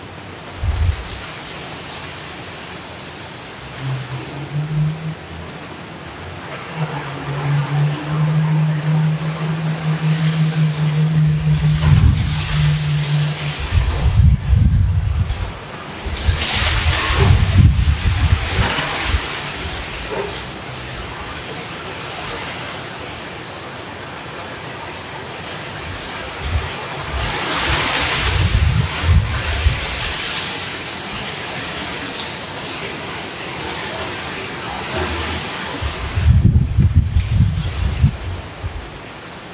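Hurricane Kay at midnight in Los Cabos: a steady roar of wind and rain fills the whole clip, with strong gusts surging around 15, 17 and 28 seconds. Low rumbling thumps come and go, and a faint steady high whine runs throughout.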